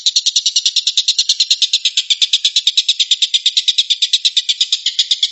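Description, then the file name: Stork-billed kingfisher calling in a rapid harsh rattle of many rasping notes at a steady rate. Rapid "shooting" call, locally called tembakan. "suara tembakan tengkek buto"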